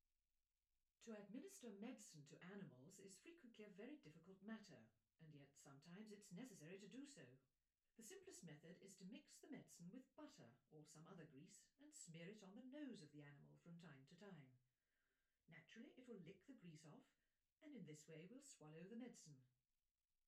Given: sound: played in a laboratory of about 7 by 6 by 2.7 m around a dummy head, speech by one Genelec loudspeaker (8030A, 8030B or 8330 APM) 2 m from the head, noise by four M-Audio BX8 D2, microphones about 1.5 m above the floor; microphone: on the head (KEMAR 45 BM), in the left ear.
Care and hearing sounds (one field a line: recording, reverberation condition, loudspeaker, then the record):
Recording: female speech in English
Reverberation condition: low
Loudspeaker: 120 degrees to the right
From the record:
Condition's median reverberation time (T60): about 310 ms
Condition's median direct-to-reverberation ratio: about 3.5 dB